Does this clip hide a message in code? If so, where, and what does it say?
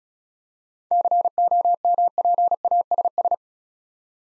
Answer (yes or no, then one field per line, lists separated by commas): yes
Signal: Morse code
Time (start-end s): 0.9-3.3 s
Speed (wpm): 34 wpm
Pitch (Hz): 700 Hz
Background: none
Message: COMPASS